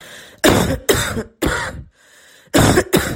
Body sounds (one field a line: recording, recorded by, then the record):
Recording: voluntary cough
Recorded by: messaging app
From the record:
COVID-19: positive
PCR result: self-reported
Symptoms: yes